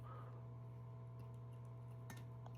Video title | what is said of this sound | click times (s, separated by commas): Geminijets 1:200 Southwest Airlines 737-800 Freedom One unboxing and review - Gemimi200 | You just got to kind of force it on until it snaps. | 2.1 s, 2.5 s